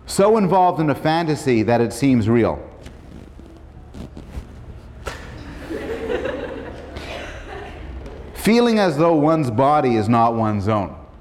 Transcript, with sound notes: "So involved in the fantasy that it seems real." [laughter] "Feeling as though one's body is not one's own."